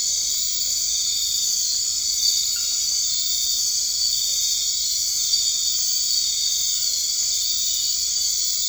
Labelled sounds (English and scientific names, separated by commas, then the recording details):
none
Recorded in dense forest near Puerto Asís, Putumayo, Colombia, on 21 March 2025 at 20:30
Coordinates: 0.485, -76.318
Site G056